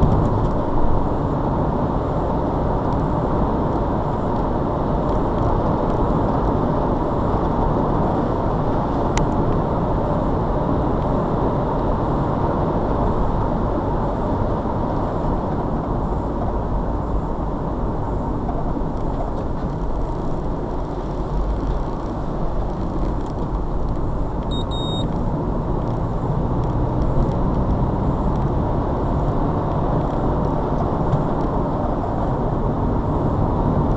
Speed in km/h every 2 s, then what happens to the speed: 89, 90, 95, 97, 95, 93, 95, 76, 71, 66, 61, 64, 63, 71, 79, 82, 76.
0-5 speeds up to 97. 5-13 steady at about 95. 13-19 brakes to 61. 19-24 steady at about 63. 24-29 speeds up to 82.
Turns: none.